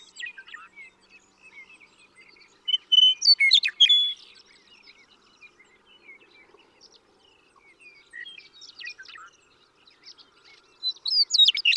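Western meadowlark song: two loud phrases of clear whistles breaking into a gurgling, jumbled flourish, with a busy chorus of faint chirping birds throughout.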